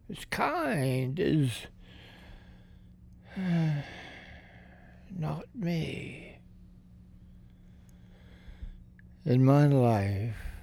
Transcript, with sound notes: is kind is… (sigh) not me. In my life